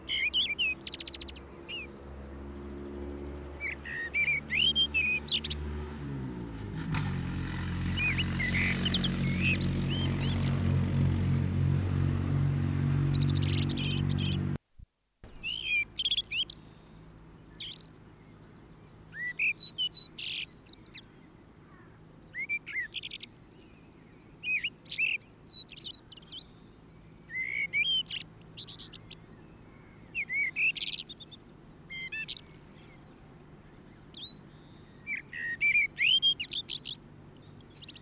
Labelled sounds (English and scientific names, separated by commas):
Common Blackbird (Turdus merula) song